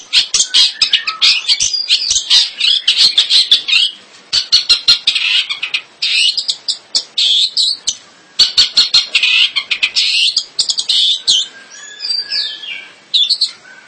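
Bird song, fast chattering bursts of high squawky and twittering notes, pausing near the middle and toward the end, then thinning to scattered whistles.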